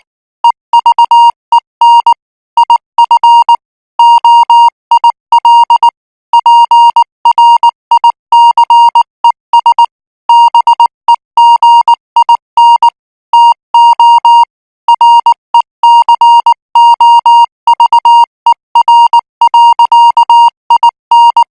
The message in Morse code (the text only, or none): EVEN IF OIL PRICES BEGIN TO RECOVER. IN